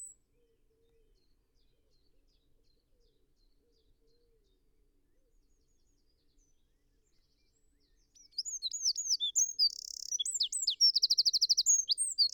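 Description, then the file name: Eurasian wren bursts into song after a long quiet stretch, pouring out high sweeping notes, a buzzy phrase and a fast rattling trill. "Troglodytes troglodytes"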